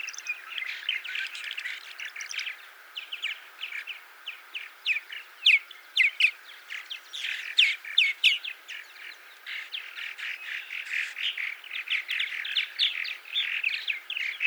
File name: purple martin by paul marvin